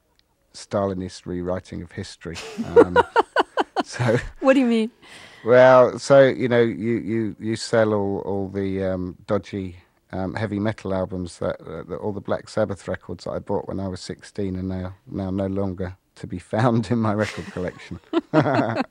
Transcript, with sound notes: Stalinist rewriting of history.
(laughs)
So...
What do you mean?
Well, so, you know, you sell all the dodgy heavy metal albums, all the Black Sabbath records I bought when I was 16, and they're now no longer to be found in my record collection.